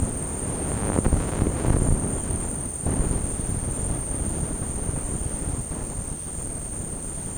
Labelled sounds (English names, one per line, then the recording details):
none
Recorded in dense forest near Puerto Asís, Putumayo, Colombia, on 19 February 2024 at 12:30
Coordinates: 0.486, -76.316
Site G6437